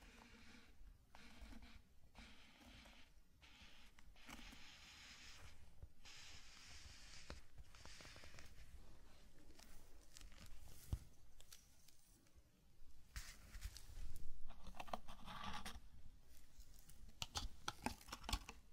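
Sand being brushed and raked in a zen garden, in uneven scratchy sweeps with occasional sharp taps and crinkles, growing busier near the end.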